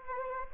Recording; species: mosquito wingbeat signal from an infrared sensor; Anopheles gambiae